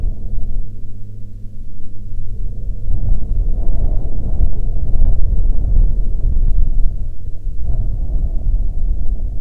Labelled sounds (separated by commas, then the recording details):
wind, aircraft
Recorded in the Prudhoe Bay oil fields, Alaska, on 6 August 2019 at 13:42
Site 14